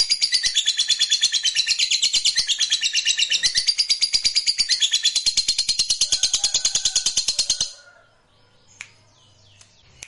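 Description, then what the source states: Lovebird delivers a fast, shrill, pulsing trill for about seven seconds, then it stops abruptly, leaving near silence with a few faint clicks. Fighter lovebird performing ngekek panjang, a long continuous trill.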